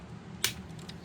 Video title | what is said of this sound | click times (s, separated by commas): Review of Transformers The Movie Constructicons Long Haul & Hook figure set. | and pull it through till you hear a little click | 0.4 s